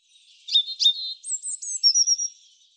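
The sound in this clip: European robin song, one phrase opening with two sharp chips, then very high sweet whistles sliding down into a wavering trill, clean and quiet background.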